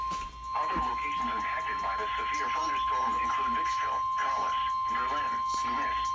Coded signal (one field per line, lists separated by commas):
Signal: Emergency Alert System (SAME) tones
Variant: 1050 Hz attention tone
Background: speech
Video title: Severe Thunderstorm Warning on KJY99 and WHRO-TV (EAS #114-115)